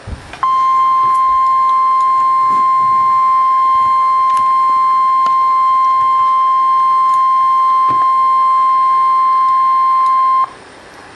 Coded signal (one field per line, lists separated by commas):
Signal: Emergency Alert System (SAME) tones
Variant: 1050 Hz attention tone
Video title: Severe Thunderstorm Warning for S Buffalo, NW Kearney, NE Phelps County in NE {EAS #261}